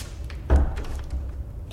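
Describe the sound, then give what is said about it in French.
A door swings shut with one heavy, low thud, followed by a softer knock a moment later as it settles, against a quiet background. “Entrez et refermez la porte.”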